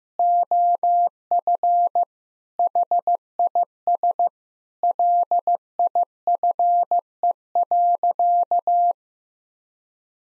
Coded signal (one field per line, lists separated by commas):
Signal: Morse code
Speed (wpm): 16 wpm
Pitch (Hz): 700 Hz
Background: none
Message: OF HIS LIFE.